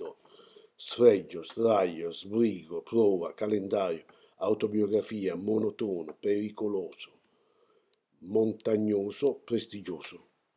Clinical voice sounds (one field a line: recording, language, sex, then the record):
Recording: read list of words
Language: Italian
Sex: male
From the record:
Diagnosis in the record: healthy control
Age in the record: 68 years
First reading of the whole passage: 59 s, 8.7 characters per second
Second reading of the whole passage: 51 s, 9.9 characters per second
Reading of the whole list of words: 42 s, 6.7 characters per second